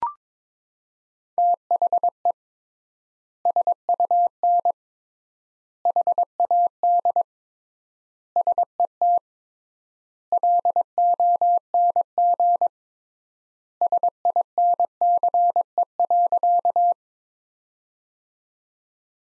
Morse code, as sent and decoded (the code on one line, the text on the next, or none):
- .... . / ... ..- -. / .... .- -.. / ... . - / .-.. --- -. --. / ... .. -. -.-. . .-.-.-
THE SUN HAD SET LONG SINCE.